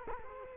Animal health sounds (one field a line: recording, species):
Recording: mosquito wingbeat signal from an infrared sensor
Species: Culex quinquefasciatus